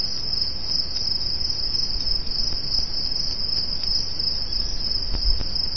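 Cricket song as an unbroken high-pitched trill, even in loudness throughout, over a quiet low background hum.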